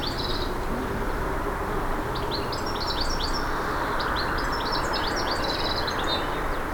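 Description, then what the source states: Garden birds twitter in quick high chirps over constant low background noise. Garden birds in a countryside ambience.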